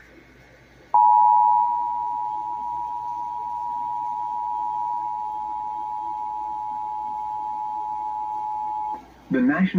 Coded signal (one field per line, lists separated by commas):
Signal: Emergency Alert System (SAME) tones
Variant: 853 and 960 Hz attention tone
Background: speech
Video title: Severe Thunderstorm Warning on NJPBS (EAS #123)